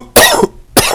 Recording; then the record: coughing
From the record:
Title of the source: Coughing 79